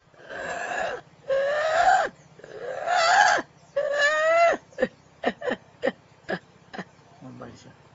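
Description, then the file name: Spider monkey giving four long, harmonic whinnying calls that waver and bend downward, followed by a run of short, sharp squeaks and a low grunt near the end. "ACT Spider Monkey Amasina"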